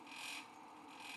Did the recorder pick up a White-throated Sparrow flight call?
no